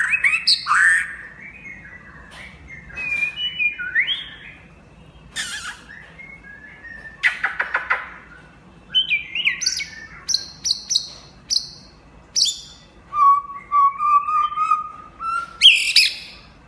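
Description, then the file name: White-rumped shama singing a varied sequence of loud whistles, sharp clicks and chattering phrases, ending with a steady wavering trill and a high final note. Champion bird from a songbird singing contest. "suara murai batu juara lomba"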